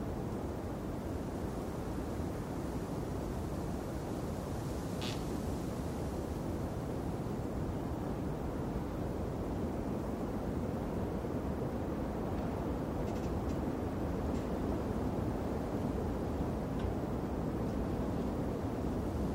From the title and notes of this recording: Strong Winter Wind. Blustery winds, the rustling of trees.